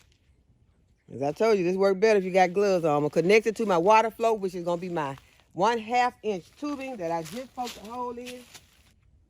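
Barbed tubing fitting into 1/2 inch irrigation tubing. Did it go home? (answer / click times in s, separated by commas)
no / none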